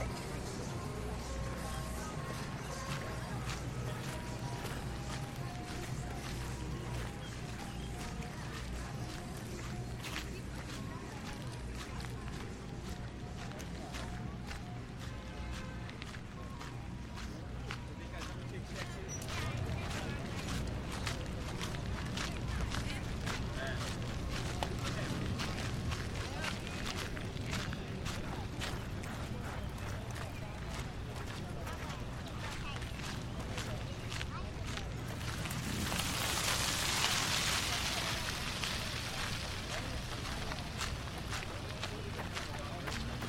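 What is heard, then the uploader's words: Gravel crunches in a steady, dense stream of short ticks under footsteps along the National Mall, with voices murmuring throughout. A low hum runs through the first twenty seconds, and a brief loud whoosh of noise swells around thirty-six seconds. A brisk walk down the National Mall would be incomplete without the whir of bicycles and the crunching sound of gravel.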